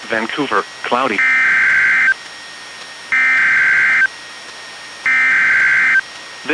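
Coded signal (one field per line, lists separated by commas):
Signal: Emergency Alert System (SAME) tones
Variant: header bursts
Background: speech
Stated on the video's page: NWR practice/demo tones from WXM62 and KEC91, received on Reecom R-1630 and Midland WR-120EZ weather radios, recorded via Zoom H1 and an MP3 player's built-in mic.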